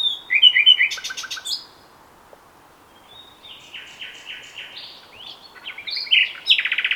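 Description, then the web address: Common nightingale song: a burst of rapid rattling notes, a pause, then varied phrases ending in a fast buzzy trill, over steady low background hiss. "SETE Luscinia megarhynchos"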